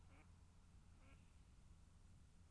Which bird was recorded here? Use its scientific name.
Anas platyrhynchos